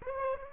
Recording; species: mosquito wingbeat signal from an infrared sensor; Aedes aegypti